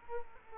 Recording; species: mosquito wingbeat signal from an infrared sensor; Culex quinquefasciatus